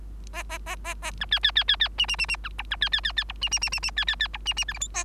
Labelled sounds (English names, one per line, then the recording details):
Bengalese Finch song
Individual Bird3